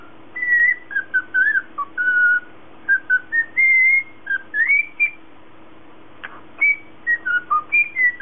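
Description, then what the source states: Cockatiel producing clear whistled notes in bursts, a rising slur midway, a brief pause, then more short whistles, with a steady low hum. Lutino colour variety.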